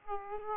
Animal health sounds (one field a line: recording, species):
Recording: mosquito wingbeat signal from an infrared sensor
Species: Aedes aegypti